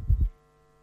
If the aortic valve is insufficient. The quiet aortic closure rather than the high, loud aortic closure.